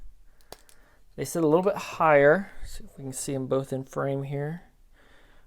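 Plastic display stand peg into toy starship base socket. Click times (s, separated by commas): 0.5 s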